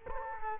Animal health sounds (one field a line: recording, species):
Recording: mosquito wingbeat signal from an infrared sensor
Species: Culex quinquefasciatus